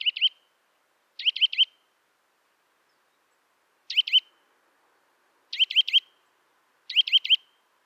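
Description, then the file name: Eurasian nuthatch repeating bright, upslurred notes in tight groups of three or four, with irregular pauses of about one to over two seconds between groups. "Sitta europaea"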